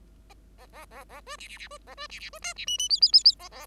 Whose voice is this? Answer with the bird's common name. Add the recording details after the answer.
Bengalese Finch. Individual Bird5